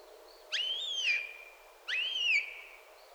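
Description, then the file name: Eurasian jay calls twice with clear, slurred mewing whistles that leap up, waver and slide down, the pair spaced roughly 1.3 seconds apart. "Garrulus glandarius"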